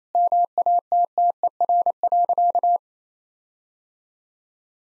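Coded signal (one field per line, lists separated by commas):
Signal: Morse code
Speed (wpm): 28 wpm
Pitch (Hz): 700 Hz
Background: none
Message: MATTER.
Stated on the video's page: Morse practice at 28 WPM of sentences containing common five-word phrases, for head-copy training.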